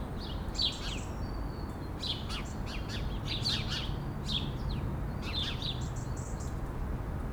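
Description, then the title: Sparrows giving clusters of sharp, high chirps over persistent low traffic noise. Several sparrows sheltering in a laurel bush at 11 Rue de l'Église, Bassens, France, around 6 pm, with traffic noise. "11 Rue de l'Église, Bassens, France - Moineaux"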